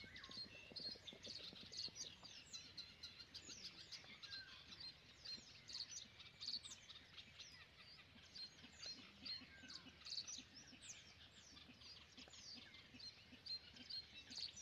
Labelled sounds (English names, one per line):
Great Bittern